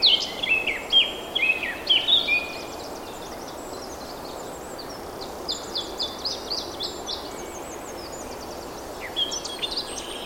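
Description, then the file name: Eurasian blackcap warble: a burst of scratchy chirps and whistles for two seconds, a pause, then softer bursts of chattering notes and a final short phrase; hiss throughout. "Sylvia atricapilla"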